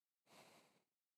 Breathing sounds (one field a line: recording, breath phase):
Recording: one breath near a microphone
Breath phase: exhalation